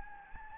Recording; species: mosquito wingbeat signal from an infrared sensor; Anopheles gambiae